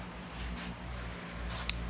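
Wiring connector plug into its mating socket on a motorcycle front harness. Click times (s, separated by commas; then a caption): 1.7 s. During final assembly of a 2002 (K2) Suzuki GSX-R1000, a wiring connector plug, likely for the speedometer or front wiring, is pushed into its mating socket on the motorcycle's front harness. A steady low hum and faint rustling fill the background until a single sharp click at 1.7 s. The connector is seated.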